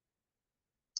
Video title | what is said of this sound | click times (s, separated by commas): Correct Product Use & Product Demo - Sachin Varma - WiN Entrepreneurs | press करके भी बंद कर सकते हैं या फिर खाली रखिए और घुमा दीजिए उससे भी यह लॉक हो जाएगी | 1.0 s